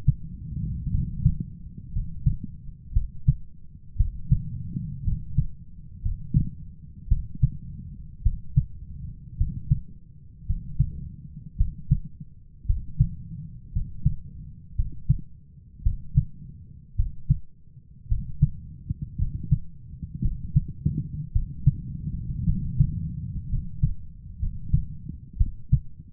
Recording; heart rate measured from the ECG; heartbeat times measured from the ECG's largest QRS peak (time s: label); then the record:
heart sounds by stethoscope; 56 bpm
0.90 s: heartbeat
1.92 s: heartbeat
2.92 s: heartbeat
3.96 s: heartbeat
5.03 s: heartbeat
6.01 s: heartbeat
7.08 s: heartbeat
8.22 s: heartbeat
9.36 s: heartbeat
10.45 s: heartbeat
11.56 s: heartbeat
12.65 s: heartbeat
13.71 s: heartbeat
14.75 s: heartbeat
15.82 s: heartbeat
16.95 s: heartbeat
18.07 s: heartbeat
19.17 s: heartbeat
20.21 s: heartbeat
21.31 s: heartbeat
22.44 s: heartbeat
23.48 s: heartbeat
24.38 s: heartbeat
25.37 s: heartbeat
From the record:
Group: healthy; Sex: male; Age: 23 years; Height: 178 cm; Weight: 96.6 kg